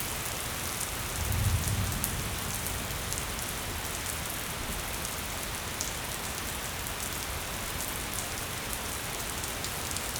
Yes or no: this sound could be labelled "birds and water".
no